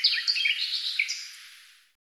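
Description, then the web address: Bird song, a short burst of high chirping and whistled notes that fades away. "Deverinetal 2025"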